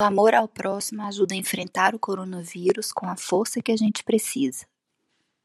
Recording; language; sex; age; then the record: spoken sentence; Brazilian Portuguese; female; 40 to 49 years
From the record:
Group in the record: control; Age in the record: 48 years